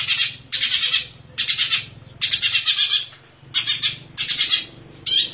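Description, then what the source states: Long-tailed shrike song: loud, harsh, rasping bursts repeated in several phrases with short pauses between them. Combination song (kombinasi); Indonesian name cendet.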